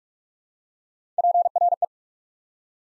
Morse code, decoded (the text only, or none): PRE